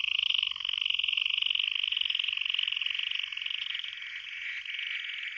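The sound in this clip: Frogs trilling continuously, a dense, fast-pulsed buzzing chorus that holds steady and eases slightly toward the end.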